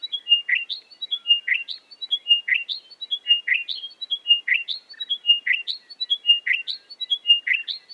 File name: British Library - Chiming Wedgebill Sphenostoma occidentalis